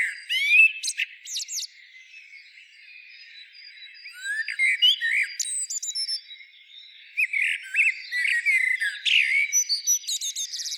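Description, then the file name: Eurasian blackbird singing: mellow fluted warbles that end in thin, squeaky twitters, with phrases broken by short pauses and a quieter stretch in the middle. "Turdus merula"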